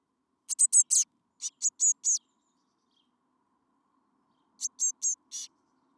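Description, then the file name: Eurasian blue tit uttering two fast clusters of high, clipped notes, then a quiet pause before a final cluster of four. "Cyanistes caeruleus"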